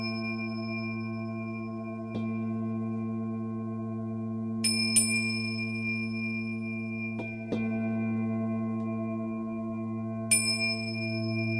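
A low, steady drone of layered tones hums throughout, like a shruti box, with a deep ringing bowl underneath. Bright bell-like strikes chime in at about 2, 5, 7.5 and 10 seconds, each ringing out and slowly fading over the sustained drone.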